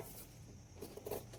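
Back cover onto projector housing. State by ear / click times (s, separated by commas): not seated / none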